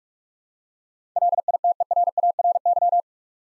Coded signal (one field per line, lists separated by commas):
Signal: Morse code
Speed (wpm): 46 wpm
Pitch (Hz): 700 Hz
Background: none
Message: LITERARY